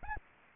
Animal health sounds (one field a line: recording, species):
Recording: mosquito wingbeat signal from an infrared sensor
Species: Anopheles arabiensis